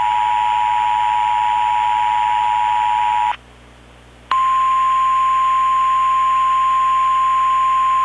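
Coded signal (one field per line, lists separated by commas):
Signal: Emergency Alert System (SAME) tones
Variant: 853 and 960 Hz attention tone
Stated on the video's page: Simulated concept EAS alert for a special marine watch.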